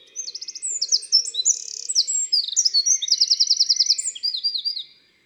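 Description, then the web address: Eurasian wren song: a single explosive burst of high, rapid trills and warbled notes lasting about five seconds, then silence. In February. "Fevrier Le Troglodyte mignion. les 4 saisons des chants doiseaux"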